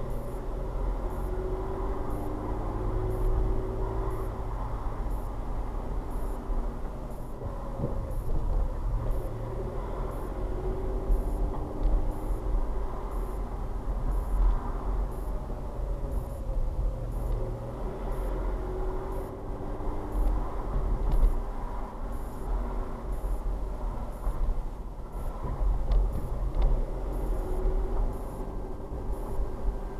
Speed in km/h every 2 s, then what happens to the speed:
21, 24, 24, 19, 16, 23, 23, 21, 18, 23, 24, 21, 18, 19, 21.
4-8 slows to 16. 8-20 steady at about 23. 20-25 slows to 18.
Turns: none.